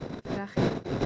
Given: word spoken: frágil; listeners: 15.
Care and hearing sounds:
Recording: one Spanish word in noise, from a listening test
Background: noise modulated by one talker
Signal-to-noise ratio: -10.1 dB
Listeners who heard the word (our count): 2 of 15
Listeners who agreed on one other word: 12 of 15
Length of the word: 0.66 s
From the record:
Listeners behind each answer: 12, 2, 1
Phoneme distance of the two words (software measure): 27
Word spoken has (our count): 2 syllables, 6 phonemes, stress on syllable 1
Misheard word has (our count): 2 syllables, 5 phonemes, stress on syllable 1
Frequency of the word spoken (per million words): 11.77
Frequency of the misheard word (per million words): 32.10

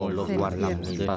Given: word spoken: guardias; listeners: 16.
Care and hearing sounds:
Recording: one Spanish word in noise, from a listening test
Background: four-talker babble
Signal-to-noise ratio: -2.8 dB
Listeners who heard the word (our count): 1 of 16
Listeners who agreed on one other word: 10 of 16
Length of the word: 0.77 s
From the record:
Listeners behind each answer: 10, 1, 1, 1, 1, 1, 1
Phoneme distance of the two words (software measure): 62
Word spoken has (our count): 2 syllables, 8 phonemes, stress on syllable 1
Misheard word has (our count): 2 syllables, 4 phonemes, stress on syllable 2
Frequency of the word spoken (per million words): 21.18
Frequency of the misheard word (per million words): 43.37

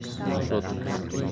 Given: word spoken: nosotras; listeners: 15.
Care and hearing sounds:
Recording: one Spanish word in noise, from a listening test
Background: eight-talker babble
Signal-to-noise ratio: -2.8 dB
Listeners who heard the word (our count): 0 of 15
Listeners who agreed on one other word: 10 of 15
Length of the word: 0.92 s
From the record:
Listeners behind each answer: 10, 1, 1, 1, 1, 1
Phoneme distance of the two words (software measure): 10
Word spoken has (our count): 3 syllables, 8 phonemes, stress on syllable 2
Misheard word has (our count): 3 syllables, 8 phonemes, stress on syllable 2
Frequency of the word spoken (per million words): 14.84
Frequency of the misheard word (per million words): 267.89

